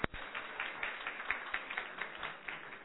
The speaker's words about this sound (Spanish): Dale un fuerte aplauso al Señor, dáselo a Él, porque a mí no me des nada.